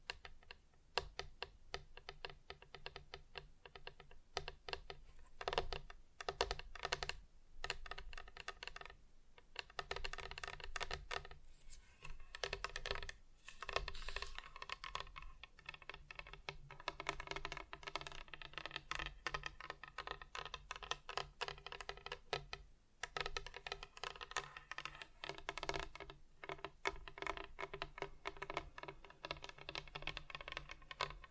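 Fingers tap rapidly and almost continuously on hard surfaces, a dense patter of crisp, bright clicks resembling typing on a keyboard. Brief pauses break the flow around five, twelve and twenty-three seconds, and a low steady hum runs underneath throughout.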